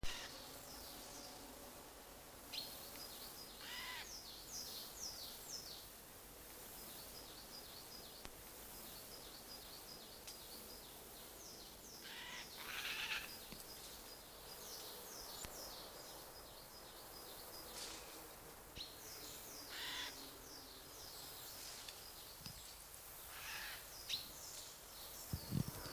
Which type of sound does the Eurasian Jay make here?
call